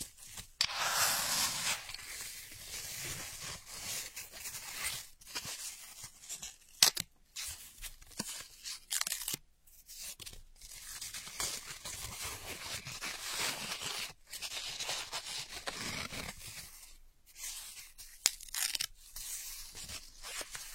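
Ear picking: scratchy, rustling scrapes fill most of the clip, bright and hissy with a soft low rumble beneath. The scraping comes in uneven bursts broken by brief silent gaps, around 5, 7, 9.5, 14 and 17 seconds, with a sharp click near 7 seconds.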